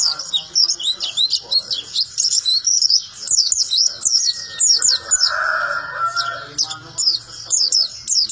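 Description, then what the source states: White-eye song: rapid, high twittering phrases of thin, sweeping chirps in a continuous stream, with a softer lower hum and a longer lower tonal note midway. Song described as melodious and long.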